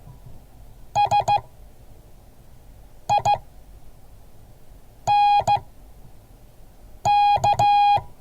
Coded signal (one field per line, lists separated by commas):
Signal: Morse code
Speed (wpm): 15 wpm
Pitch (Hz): 820 Hz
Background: none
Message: SINK